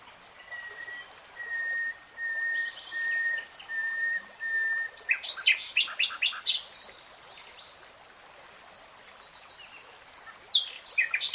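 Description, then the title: Nightingale song opening with a series of slow, pure, level whistles, then breaking into loud, rapid, varied chirps and clicks, with another burst near the end. Nightingale singing in real time. "[Tiếng chim hót] Nightingale Singing"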